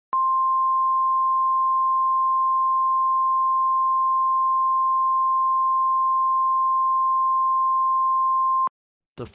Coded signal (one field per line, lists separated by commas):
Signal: Emergency Alert System (SAME) tones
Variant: 1050 Hz attention tone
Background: speech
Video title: EAS Scenario - Carti Fans Ramapge